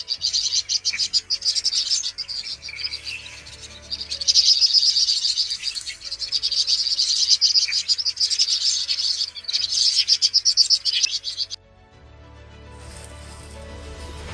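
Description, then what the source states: Vinous-throated parrotbill calls: a dense, high, crisp twittering, continuing for nearly twelve seconds and then breaking off. Recorded at the Summer Palace (Yiheyuan) in the afternoon; the birds move in flocks of about twenty to thirty; the call is quiet but very crisp, rendered as 'ji ji ji'.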